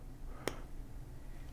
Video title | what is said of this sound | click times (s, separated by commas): MEGA VLOG 734: building a portable light kit! | ah did you hear that it snapped into place | 0.5 s